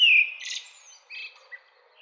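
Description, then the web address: Bird calling: a sharp high whistled note, a short buzzy burst, then a few quieter chirps and slurred whistles. "babatakan main bird ljud bird"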